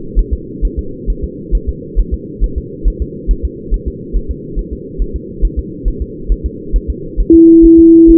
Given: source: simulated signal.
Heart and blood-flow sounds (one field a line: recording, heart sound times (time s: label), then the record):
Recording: fetal heart sounds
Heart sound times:
0.19 s: S1
0.33 s: S2
0.65 s: S1
0.79 s: S2
1.10 s: S1
1.24 s: S2
1.55 s: S1
1.69 s: S2
2.00 s: S1
2.14 s: S2
2.44 s: S1
2.58 s: S2
2.88 s: S1
3.02 s: S2
3.31 s: S1
3.45 s: S2
3.74 s: S1
3.88 s: S2
4.16 s: S1
4.31 s: S2
4.59 s: S1
4.73 s: S2
5.02 s: S1
5.16 s: S2
5.45 s: S1
5.59 s: S2
5.88 s: S1
6.02 s: S2
6.32 s: S1
6.46 s: S2
6.76 s: S1
6.90 s: S2
7.20 s: S1
7.34 s: S2
7.65 s: S1
7.79 s: S2
8.10 s: S1
From the record:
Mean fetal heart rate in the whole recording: 135 bpm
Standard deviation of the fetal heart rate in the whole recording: 3 bpm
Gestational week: 36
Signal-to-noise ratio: -4.3 dB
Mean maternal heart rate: 72 bpm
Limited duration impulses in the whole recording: present